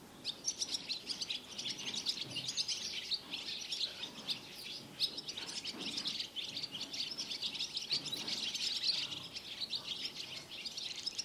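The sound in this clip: Barn swallow twittering in a dense, continuous stream of high chirps and squeaky notes without pause.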